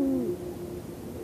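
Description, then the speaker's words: Eurasian Eagle-Owl giving a single low, short hoot that drops slightly in pitch. Low hoot of the eagle-owl from Luhtlampi, played at a listener's request; listeners are told to focus on the low blowing sound, not a high one. "Ja niin kuin arvaatte, niin tämähän on Luhtlamme huuhkaja, mitä kuunnellaan."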